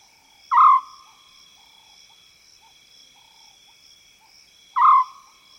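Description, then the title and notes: African scops owl uttering two brief, burry croaks about four seconds apart, with constant high-pitched insect chorus throughout. Wild African scops owl in South Luangwa savanna woodland. "African Scops Owl In The Savanna. the call of the African scops owl, recorded in the wild expanse that is the South Luangwa savanna woodland"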